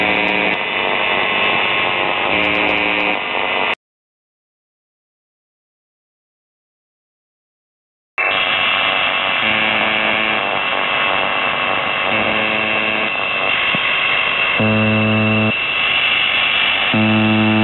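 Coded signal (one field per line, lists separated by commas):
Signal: channel marker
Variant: UVB-76 (The Buzzer)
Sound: harsh low buzzes about a second long, repeating every couple of seconds, over hiss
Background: radio static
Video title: The Buzzer/UVB-76(4625Khz) April 27th, 2023 Voice messages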